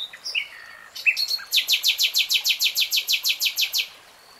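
Nightingale song: a few varied chirps and a short trill, then a loud, steady series of many repeated notes.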